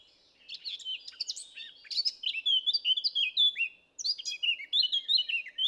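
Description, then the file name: Eurasian blackcap song, two bursts of fast, varied warbling with bright whistled notes, separated by a brief pause. "Sylvia atricapilla"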